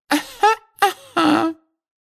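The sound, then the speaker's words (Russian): A voice imitates Professor Umbridge's affected little throat-clearing cough in a Harry Potter reading: three short, moderately loud voiced bursts, the last slightly longer and drawn out, with no other sound. “Тем же дурацким покашливанием профессор Амбридж прервала в первый вечер Дамблдора.”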